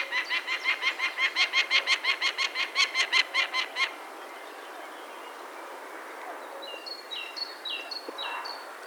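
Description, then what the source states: Peregrine falcon utters a quick string of harsh kak notes for about four seconds, then stops; afterwards a different small bird gives short high whistled notes. Recorded 6 May 2013, at about 13:10.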